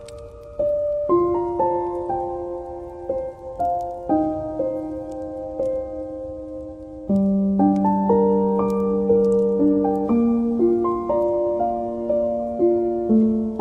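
Relaxed piano music plays in a café, with soft sustained chords and a gentle melody of unhurried, ringing notes. Around the midpoint a deeper bass line enters and the playing grows fuller. A faint low murmur of the room sits underneath.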